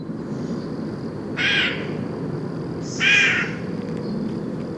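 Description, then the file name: Eurasian jay giving two harsh, rasping screeches about a second and a half apart over steady low background noise. "Garrulus glandarius"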